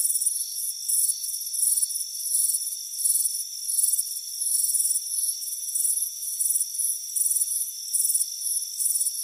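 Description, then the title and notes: Cricket chirps in high, shimmering pulsed bursts one or two a second, layered over continuous high-pitched ringing tones. Chirping crickets on a warm afternoon at a front porch. "Soothing Crickets Chirping Sound. It's a warm afternoon as you relax in a hammock on the front porch"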